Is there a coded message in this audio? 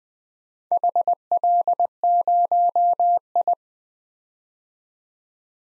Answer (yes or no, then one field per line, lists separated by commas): yes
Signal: Morse code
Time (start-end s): 0.7-3.5 s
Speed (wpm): 20 wpm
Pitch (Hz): 700 Hz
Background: none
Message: HL0I